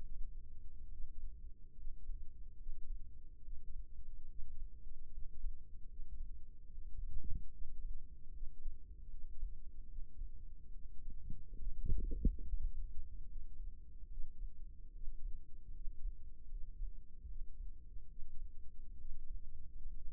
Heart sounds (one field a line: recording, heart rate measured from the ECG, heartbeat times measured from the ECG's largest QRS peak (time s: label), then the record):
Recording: heart sounds by microphone in the left ear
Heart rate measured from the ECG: 72 bpm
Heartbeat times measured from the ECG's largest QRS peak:
0.02 s: heartbeat
0.90 s: heartbeat
1.77 s: heartbeat
2.58 s: heartbeat
3.43 s: heartbeat
4.29 s: heartbeat
5.12 s: heartbeat
5.89 s: heartbeat
6.70 s: heartbeat
7.52 s: heartbeat
8.33 s: heartbeat
9.11 s: heartbeat
9.89 s: heartbeat
10.73 s: heartbeat
11.59 s: heartbeat
12.45 s: heartbeat
13.28 s: heartbeat
14.10 s: heartbeat
14.94 s: heartbeat
15.74 s: heartbeat
16.50 s: heartbeat
17.28 s: heartbeat
18.10 s: heartbeat
18.98 s: heartbeat
19.95 s: heartbeat
From the record:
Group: healthy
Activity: rest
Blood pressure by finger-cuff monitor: 91/58 mmHg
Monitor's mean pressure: 69 mmHg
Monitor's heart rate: 72 bpm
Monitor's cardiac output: 6.6 L/min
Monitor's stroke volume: 90 mL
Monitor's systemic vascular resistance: 730 dyn s/cm5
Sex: male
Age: 22 years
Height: 181 cm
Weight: 79 kg